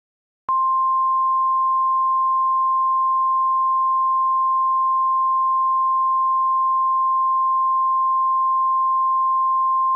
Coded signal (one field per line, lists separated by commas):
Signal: Emergency Alert System (SAME) tones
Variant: 1050 Hz attention tone